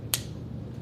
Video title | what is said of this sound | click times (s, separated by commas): Semi-Auto Loading: Left-Hand | so i've got a click in there now here's a tip for you to make sure that you've got it in place | 0.1 s